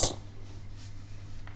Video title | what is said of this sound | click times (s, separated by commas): How To Build a Home Office Computer - Part 3 | That one didn't click as much. | 1.5 s